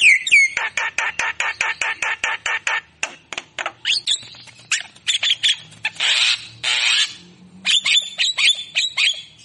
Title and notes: Pancingan Jalak Kebo Bisu. Kicau Jalak Kebo